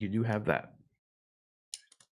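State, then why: Seated. Someone talks briefly, then after a pause a lightsaber blade plug, lined up and pushed down into the rectangular socket of the metal hilt of an Ultimate Works RVJ Gunmetal Variant Star Wars Revan lightsaber, gives a sharp click at 1.7 s followed by two faint ticks near 1.9 s and 2.0 s. The blade is seated in the hilt and takes force to pull out.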